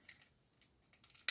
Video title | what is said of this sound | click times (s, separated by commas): SXS Continuously Variable R-01 (Transformers Gear) figura bemutatása | Kattan egyet, de ez mindig kattan, tehát ettől | 1.3 s